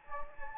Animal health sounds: mosquito wingbeat signal from an infrared sensor; Anopheles gambiae

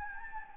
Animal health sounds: mosquito wingbeat signal from an infrared sensor; Anopheles gambiae

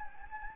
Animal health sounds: mosquito wingbeat signal from an infrared sensor; Anopheles gambiae

